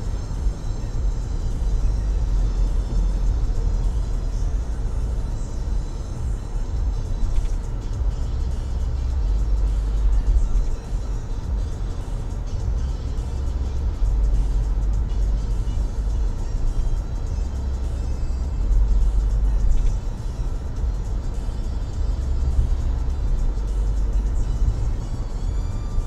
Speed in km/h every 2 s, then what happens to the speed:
78, 78, 78, 78, 78, 78, 77, 77, 78, 78, 78, 77, 77.
0-26 steady at about 78.